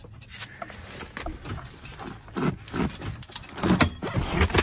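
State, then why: Not seated. The second-row seat of a 2012 Chrysler Town and Country Touring minivan (90k miles, one owner) is moved forward and pushed back toward its floor latch. Rustling handling noise is followed by a series of clunks, with the sharpest knocks near 3.8 s and 4.6 s. Nothing has seated or clicked into the latch yet when the clip ends.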